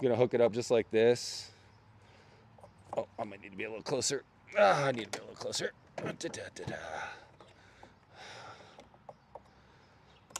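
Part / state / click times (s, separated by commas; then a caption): attachment module onto robotic mower body / seated / 10.4 s. Someone talks while lining up a mower module on a Yarbo robotic yard tool's base and pushing it home. A few faint knocks sound along the way, then a loud, sharp snap at 10.4 s as the module seats onto the robot body.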